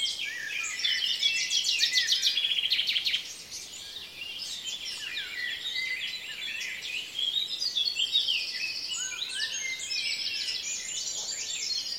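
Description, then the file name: Birds in a dawn chorus: an energetic fast trill and bright chirping early on, then quieter mixed whistles and twitters from many birds. "Reveil des oiseaux La Sonotheque"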